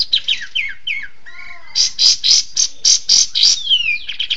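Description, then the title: Bird song made of quick descending whistled slurs, a lower warbled phrase, then a run of loud, harsh chattering bursts, a falling whistle and a few short notes. Songbird song used for training songbirds (masteran). "Suara masteran Burung"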